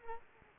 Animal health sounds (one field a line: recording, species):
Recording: mosquito wingbeat signal from an infrared sensor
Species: Culex pipiens